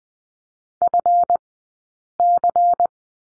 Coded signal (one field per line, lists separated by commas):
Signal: Morse code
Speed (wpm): 20 wpm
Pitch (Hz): 700 Hz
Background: none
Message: FC